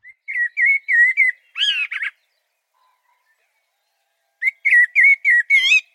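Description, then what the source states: Common Blackbird song: two verses of low fluty whistled phrases, each ending in a higher, scratchy twiddle, with a silent pause between them. Commonest, most widespread garden birdsong; each verse is about 3 seconds, starting with fluty notes and ending with a little twiddle; sings a different verse every time.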